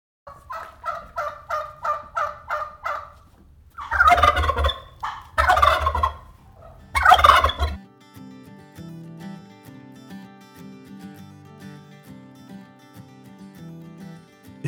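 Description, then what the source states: Wild turkey gobbling: a quick series of rattled notes, then three loud broad gobbles, followed by music. Wild turkey sounds, heard especially during the breeding season.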